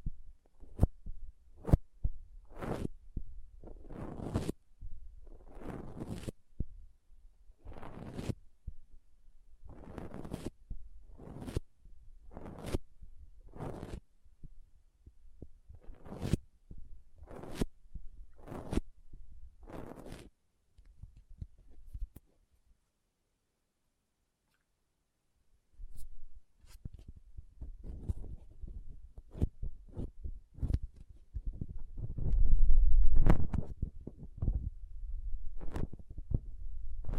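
Soft, squishy, sticky handling sounds arrive as separate bursts, roughly one every second or so, for about twenty seconds. A few seconds of silence follow, then denser, busier squishing and crinkling resumes, growing louder around thirty-three seconds before easing off.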